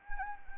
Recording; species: mosquito wingbeat signal from an infrared sensor; Anopheles arabiensis